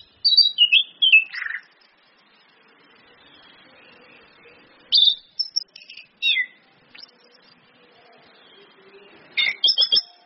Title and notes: PANCINGAN anis kembang ngeplong dan SUITAN BETINA. Masteran Anis Kembang